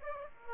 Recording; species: mosquito wingbeat signal from an infrared sensor; Aedes aegypti